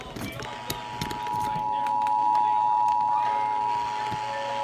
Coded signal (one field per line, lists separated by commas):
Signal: Emergency Alert System (SAME) tones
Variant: 853 and 960 Hz attention tone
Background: speech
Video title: Required weekly test and National emergency alert test